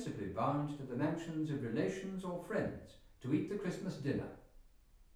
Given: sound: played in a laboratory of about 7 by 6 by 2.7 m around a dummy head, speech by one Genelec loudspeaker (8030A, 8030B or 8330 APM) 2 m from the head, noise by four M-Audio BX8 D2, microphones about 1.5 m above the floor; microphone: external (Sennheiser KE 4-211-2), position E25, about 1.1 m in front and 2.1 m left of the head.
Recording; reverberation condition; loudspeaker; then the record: male speech in English; medium; 150 degrees to the left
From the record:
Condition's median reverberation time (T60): about 510 ms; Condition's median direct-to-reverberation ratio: about -0.5 dB